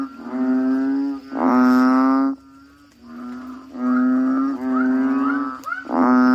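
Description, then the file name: Frog calls: drawn-out, nasal, moaning notes, some loud and some softer, overlapping in a chorus, with a steady low hum throughout. "suara kodok bangkong"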